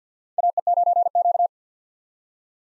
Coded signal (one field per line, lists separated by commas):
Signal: Morse code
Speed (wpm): 45 wpm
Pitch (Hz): 700 Hz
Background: none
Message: AE9Q